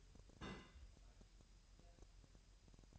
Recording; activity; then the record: daily activity, microphone in the room; place on stove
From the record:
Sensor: 2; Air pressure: 1001.9 hPa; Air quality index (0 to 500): 243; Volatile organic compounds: 33 ppm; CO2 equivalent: 3015 ppm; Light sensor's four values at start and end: 5/11/4/4 and 5/11/4/4